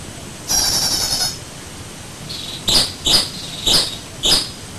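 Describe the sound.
White-breasted waterhen giving several short, harsh, squeaky notes about every half second, after an earlier buzzy burst.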